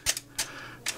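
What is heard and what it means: A collapsible brace on a Sig FLUX pistol chassis is opened by pressing down its release lever, then extends and locks into place with a sharp mechanical click at 0.4 s, held by a red spring. Shorter clicks and taps are also heard near 0.1–0.2 s and 0.9 s. The brace is seated, locked and stable in its extended position.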